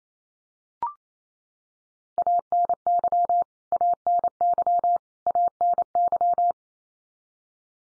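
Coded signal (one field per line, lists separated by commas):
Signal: Morse code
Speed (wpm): 28 wpm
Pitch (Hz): 700 Hz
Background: none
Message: ANY ANY ANY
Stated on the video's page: Common-word head-copy practice at 28 wpm, each word sent three times in Morse.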